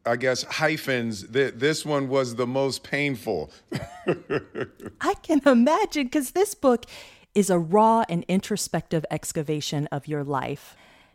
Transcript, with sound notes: hyphens, this one was the most painful (laughter).
I can imagine, 'cause this book is a raw and introspective excavation of your life.